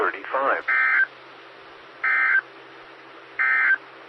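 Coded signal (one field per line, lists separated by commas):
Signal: Emergency Alert System (SAME) tones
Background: speech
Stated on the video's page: Morse heard on a SKYWARN repeater on 147.120 MHz.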